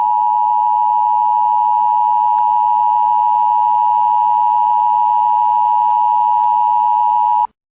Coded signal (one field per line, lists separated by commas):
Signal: Emergency Alert System (SAME) tones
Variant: 853 and 960 Hz attention tone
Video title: EAS MOCK - Attack on Story Land